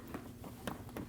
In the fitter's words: Wait for the click.